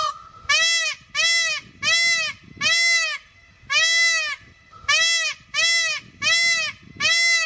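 Peacock giving a loud series of nasal, wailing honks, each note arched up and down, repeated in quick succession with brief gaps.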